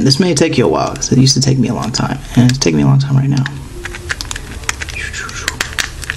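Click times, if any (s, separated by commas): 5.6 s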